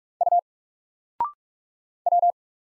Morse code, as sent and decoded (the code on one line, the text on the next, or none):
..- / .--
U W